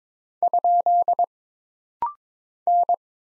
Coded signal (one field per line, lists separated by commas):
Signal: Morse code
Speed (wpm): 22 wpm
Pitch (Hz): 700 Hz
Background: none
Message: ? N